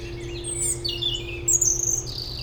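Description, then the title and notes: European robin song: thin, high sliding whistles and trills in quick varied phrases, with a steady low hum underneath. Robin in the foreground in Bois de Memard, a small peri-urban wood near the Jardin Vagabond, Aix-les-Bains, France; city and lake-boat rumble in background. "Dans le bois de Memard 73100 Aix-les-Bains, France - rouge gorge. Un rouge gorge au premier plan entouré de merles et autre oiseaux dans ce petit bois près du Jardin Vagabond, en zone péri urbaine, arrière plan de la rumeur de la ville et des bateaux sur le lac"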